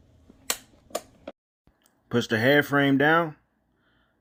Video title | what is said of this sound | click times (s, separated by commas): PRO LIFT Z - CREEPER SEAT ASSEMBLY | lifts up push your back listen for the click | 0.5 s